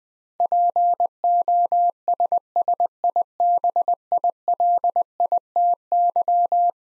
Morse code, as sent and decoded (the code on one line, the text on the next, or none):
.--. --- ... ... .. -... .. .-.. .. - -.--
POSSIBILITY